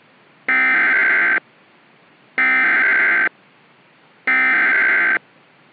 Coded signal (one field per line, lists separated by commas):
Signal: Emergency Alert System (SAME) tones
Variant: header bursts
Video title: The Cyclone (EAS Scenario)